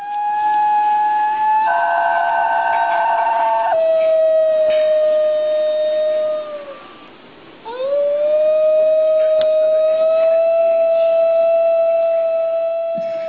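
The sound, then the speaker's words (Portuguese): A wolf howls in long, sustained tones with harmonics, first a higher wavering note, then a lower steady one that fades, followed by a rising howl that holds loudly to the end. “Então, ó, pessoal, quem tiver curioso, quer ouvir essa vocalização doida dele, a gente vai deixar logo em seguida.”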